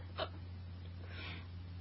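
A young adult woman hiccups once, a single brief, sharp hiccup near the start, during a bout of hiccups that seems close to ending.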